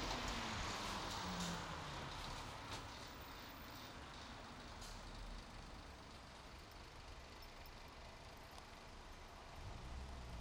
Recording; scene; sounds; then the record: everyday scene through a hearing-aid microphone; in traffic; traffic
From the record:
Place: bus stop on a city main road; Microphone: in the ear canal, right